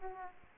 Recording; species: mosquito wingbeat signal from an infrared sensor; Aedes aegypti